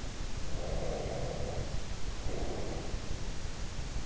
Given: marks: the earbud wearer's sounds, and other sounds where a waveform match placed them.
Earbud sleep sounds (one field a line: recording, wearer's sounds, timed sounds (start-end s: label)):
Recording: sounds in sleep by an in-ear microphone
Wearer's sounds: breath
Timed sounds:
0.45-3.05 s: breath